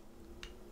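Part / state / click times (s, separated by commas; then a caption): button lock on a vape mod body / partly seated / 0.4 s. A locking collar on the fire button of a vape mod body is turned and snaps into place with a single sharp click at 0.4 s. The button still pushes down afterward, so the lock does not actually hold.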